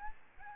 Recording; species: mosquito wingbeat signal from an infrared sensor; Aedes albopictus